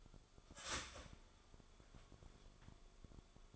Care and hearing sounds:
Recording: daily activity, microphone in the room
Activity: start toaster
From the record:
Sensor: 5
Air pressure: 1014.8 hPa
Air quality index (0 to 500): 198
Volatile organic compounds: 8 ppm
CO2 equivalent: 2107 ppm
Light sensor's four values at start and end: 16/38/15/13 and 16/38/15/13

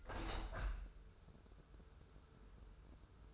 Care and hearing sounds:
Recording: daily activity, microphone in the room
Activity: open window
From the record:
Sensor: 2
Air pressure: 995.6 hPa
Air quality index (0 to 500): 88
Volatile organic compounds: 4 ppm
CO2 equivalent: 1602 ppm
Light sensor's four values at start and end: 24/76/30/29 and 24/77/31/29

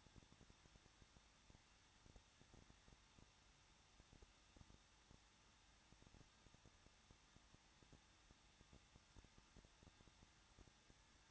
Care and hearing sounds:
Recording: daily activity, microphone in the room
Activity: no activity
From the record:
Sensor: 3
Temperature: 21.2 degrees Celsius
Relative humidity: 36.3%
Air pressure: 1006.3 hPa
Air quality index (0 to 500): 221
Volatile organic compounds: 40 ppm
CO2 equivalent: 3153 ppm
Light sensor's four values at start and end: 2/3/2/2 and 2/3/2/2

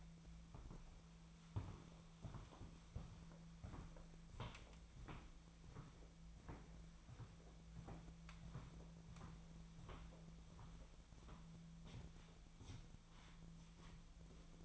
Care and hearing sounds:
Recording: daily activity, microphone in the room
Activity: walk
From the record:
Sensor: 1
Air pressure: 1008.4 hPa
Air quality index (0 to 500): 189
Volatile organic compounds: 17 ppm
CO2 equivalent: 2564 ppm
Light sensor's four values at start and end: 18/46/18/21 and 18/45/18/21

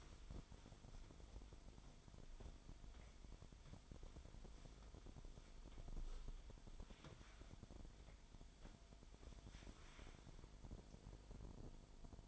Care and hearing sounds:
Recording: daily activity, microphone in the room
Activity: wipe stove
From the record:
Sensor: 5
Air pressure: 1003.3 hPa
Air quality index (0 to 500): 142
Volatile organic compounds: 2 ppm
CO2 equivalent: 1035 ppm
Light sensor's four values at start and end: 37/83/37/43 and 37/83/37/42

